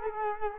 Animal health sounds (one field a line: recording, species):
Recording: mosquito wingbeat signal from an infrared sensor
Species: Culex quinquefasciatus